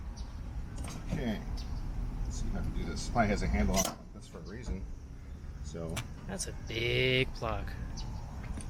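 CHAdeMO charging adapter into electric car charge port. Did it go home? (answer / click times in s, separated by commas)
yes / 8.6 s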